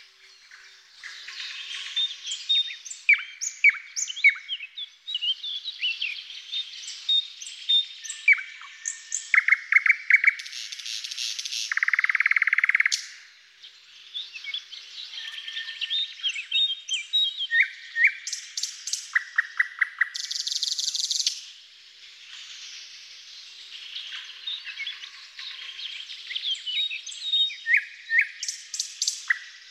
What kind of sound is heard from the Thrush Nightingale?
song